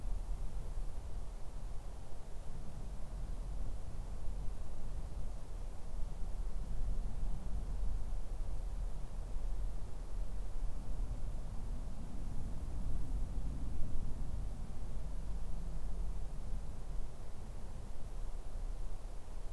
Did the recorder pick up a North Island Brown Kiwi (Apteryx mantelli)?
no